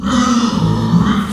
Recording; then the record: squeal of a Yucatan mini pig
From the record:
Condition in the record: after surgery on the right vocal fold (resection and tissue-engineered implant); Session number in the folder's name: 14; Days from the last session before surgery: 133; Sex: female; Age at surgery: 19 weeks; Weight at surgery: 25 kg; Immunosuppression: prednisolone